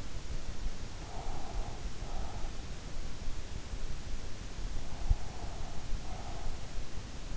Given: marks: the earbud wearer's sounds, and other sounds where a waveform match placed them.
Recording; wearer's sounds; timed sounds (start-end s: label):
sounds in sleep by an in-ear microphone; breath
0.93-2.92 s: breath
4.65-6.90 s: breath